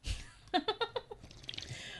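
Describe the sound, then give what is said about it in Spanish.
A quick run of about five wet, slurping sips from a drink, evenly spaced and fairly loud, trailing off into softer mouth and swallowing sounds. No one speaks. “Uy, qué sorbitos.”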